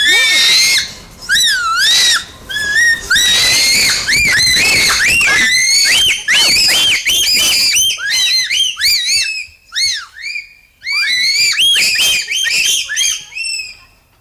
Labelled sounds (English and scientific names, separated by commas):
Bonobo (Pan paniscus)